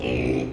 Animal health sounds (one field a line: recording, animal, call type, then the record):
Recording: contact call of a hoofed animal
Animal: pig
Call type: closed-mouth grunt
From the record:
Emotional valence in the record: negative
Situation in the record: short social isolation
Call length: 0.53 s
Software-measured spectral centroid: 1560 Hz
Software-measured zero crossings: 1310 a second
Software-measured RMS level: -24 dBFS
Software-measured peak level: -12 dBFS